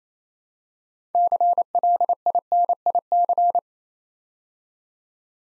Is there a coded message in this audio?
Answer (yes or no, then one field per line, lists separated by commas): yes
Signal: Morse code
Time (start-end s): 1.1-3.6 s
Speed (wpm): 29 wpm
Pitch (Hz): 700 Hz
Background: none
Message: CLINIC